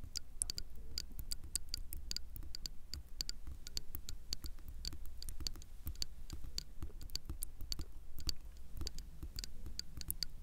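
Water drops fall in quick, irregular succession, each landing as a sharp, bright tick, several every second throughout. A steady low hum runs underneath, with a soft hiss filling the gaps between drops.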